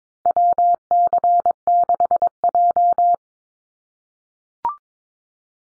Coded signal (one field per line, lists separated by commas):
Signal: Morse code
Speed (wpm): 22 wpm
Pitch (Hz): 700 Hz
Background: none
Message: WC6J